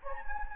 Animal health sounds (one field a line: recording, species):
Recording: mosquito wingbeat signal from an infrared sensor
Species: Anopheles gambiae